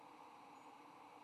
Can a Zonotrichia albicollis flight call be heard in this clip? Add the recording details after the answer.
no. No flight call is heard. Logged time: 09:06 on 15 November 2014